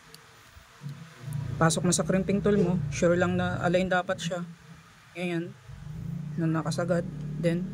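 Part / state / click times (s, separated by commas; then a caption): RJ45 plug on a network cable placed into a crimping tool / not seated / none. An RJ45 plug on a network cable is inserted into a crimping tool and lined up, pushed all the way in before crimping. Someone talks over faint handling sounds, with brief light ticks near 0.1 s and 1.3 s. Nothing has been crimped or clicked yet.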